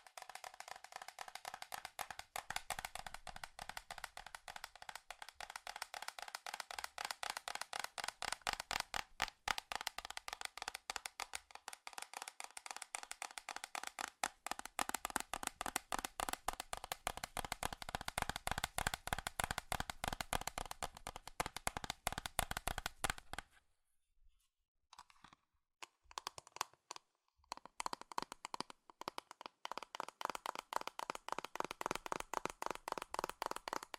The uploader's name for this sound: FAST & FURIOUS TAPPING Metal Sounds